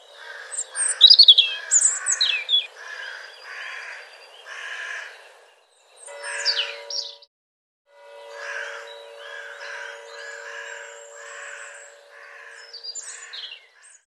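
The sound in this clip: Bird making irregular caw-like notes blended with sharp high chirps, with a faint steady hum and short silent breaks.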